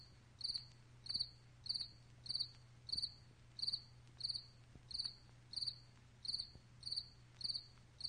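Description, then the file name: Cricket giving regular trilled chirps, each brief and high, about ninety per minute, with a faint low hum underneath. Sound design for a stage play. "Priroda Sverchok"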